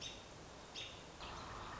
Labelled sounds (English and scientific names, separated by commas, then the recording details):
American Robin (Turdus migratorius)
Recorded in Sonoma County, California